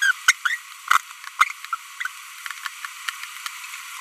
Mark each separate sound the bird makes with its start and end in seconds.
0.02-0.11, 0.28-0.32, 0.45-0.55